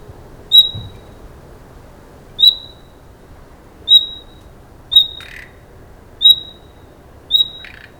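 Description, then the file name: Common nightingale giving a high, pure whistled note over and over, every second or two, with short dry rasps after two of them. "Luscinia megarhynchos"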